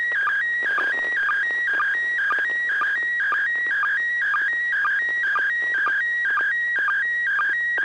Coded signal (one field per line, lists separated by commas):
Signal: SSTV (slow-scan television)